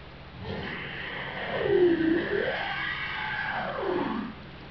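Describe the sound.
Whale moaning: a low, drawn-out voice that sweeps down, then up, then down again in long swooping curves, with a hissing background.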